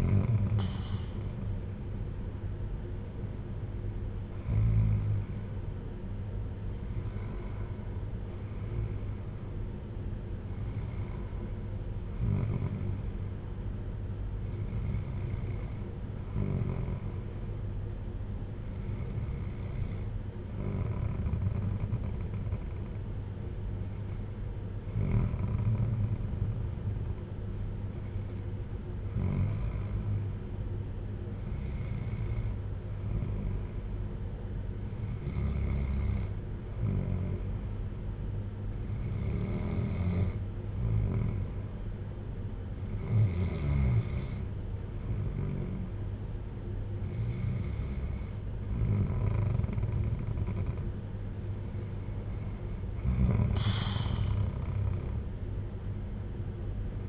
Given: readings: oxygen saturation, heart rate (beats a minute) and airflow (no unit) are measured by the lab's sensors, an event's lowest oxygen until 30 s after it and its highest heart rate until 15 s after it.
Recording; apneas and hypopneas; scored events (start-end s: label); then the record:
breathing in sleep by a smartphone at the bedside; none
54.00-57.09 s: new sleep stage, N1 (lightest sleep)
From the record:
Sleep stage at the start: N2 (light sleep); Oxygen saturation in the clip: 94 to 95%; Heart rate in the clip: 55 to 63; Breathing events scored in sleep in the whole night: 310 in 8.1 hours asleep